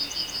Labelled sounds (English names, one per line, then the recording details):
Yellowhammer song
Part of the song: start
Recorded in the Czech Republic on 10 May 2013
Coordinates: 49.730, 16.992
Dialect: BC
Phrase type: D2
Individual 290269